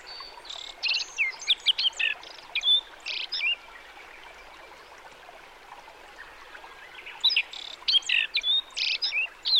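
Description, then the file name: Black-faced bunting calling in two bursts of varied high chirping notes, separated by a few seconds of quiet. "aoji"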